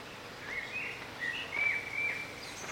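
Bird song: a fluid warbled phrase of wavering notes, ending in two short, clearer whistles, over low ambient hiss.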